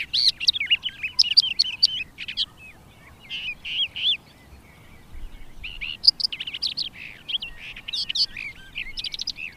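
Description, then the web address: Barred warbler singing in two phrases of rapid scratchy warbling with sharp clicks and short whistles, a brief quiet pause in the middle. "agykontroll Madardalok Cd 2. Karvalyposzáta"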